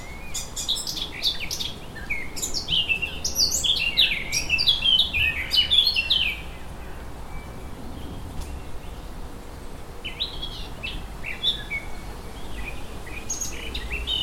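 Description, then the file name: Eurasian blackcap warbling: a dense, rapid burst of mixed twittering and whistled notes for about six seconds, then quieter scattered phrases after a pause. "Sylvia atricapilla"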